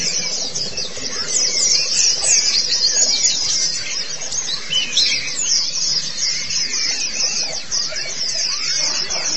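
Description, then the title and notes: White-eye song: rapid, high, scratchy twittering heard throughout, with fainter lower whistled notes mixed in beneath it. "Kicauan Burung Pleci Durasi Panjang. Suara kicauan burung pleci"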